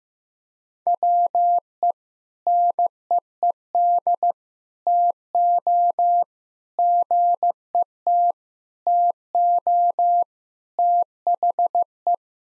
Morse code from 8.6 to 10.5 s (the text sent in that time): TO